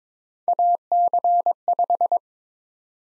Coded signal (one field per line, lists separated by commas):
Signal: Morse code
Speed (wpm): 23 wpm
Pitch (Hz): 700 Hz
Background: none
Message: AC5